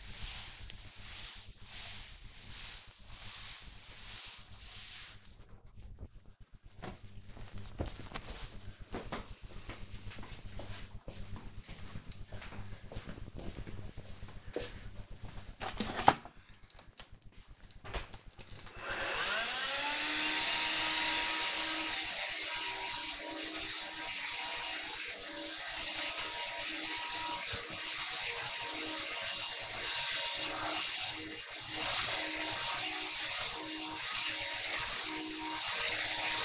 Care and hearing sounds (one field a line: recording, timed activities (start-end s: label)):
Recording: household activities, microphone on the right wrist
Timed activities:
0.00-5.47 s: cleaning table
15.55-36.45 s: vacuum cleaning